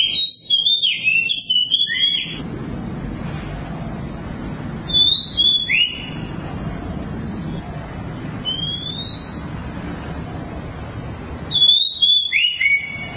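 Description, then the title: Oriental magpie-robin song in bursts of varied whistled and squeaky phrases, separated by stretches of steady hissing noise. Long-duration song. "Kacer Durasi Panjang"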